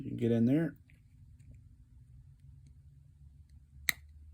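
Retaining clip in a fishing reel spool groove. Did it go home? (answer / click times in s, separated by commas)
released / 3.9 s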